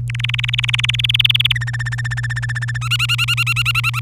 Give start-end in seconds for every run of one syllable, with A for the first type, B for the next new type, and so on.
0.10-1.52 A, 1.55-2.77 B, 2.81-4.00 C